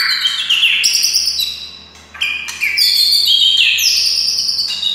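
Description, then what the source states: White-rumped shama pouring out dense, high warbled whistles almost without a break, with only one short dip in volume. Wild white-rumped shama (murai hutan).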